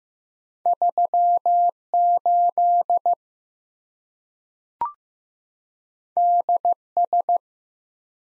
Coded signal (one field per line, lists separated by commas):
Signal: Morse code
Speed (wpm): 15 wpm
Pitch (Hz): 700 Hz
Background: none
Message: 3 8 D S